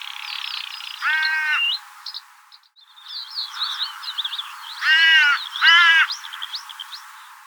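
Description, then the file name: Carrion crow caws, one early and a pair near the end, over a busy background of chirping and twittering small birds. "Corvus corone"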